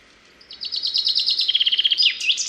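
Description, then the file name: Common chaffinch singing a fast series of bright notes that steps downward in pitch and closes with an emphatic terminal flourish. "Fringilla coelebs"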